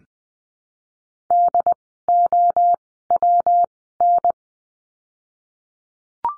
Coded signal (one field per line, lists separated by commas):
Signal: Morse code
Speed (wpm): 19 wpm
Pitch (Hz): 700 Hz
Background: none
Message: D O W N